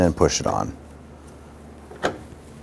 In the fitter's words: There it is, snapped into place.